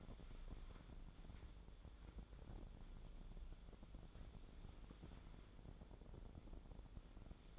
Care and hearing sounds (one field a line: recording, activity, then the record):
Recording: daily activity, microphone in the room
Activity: wipe stove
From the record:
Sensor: 5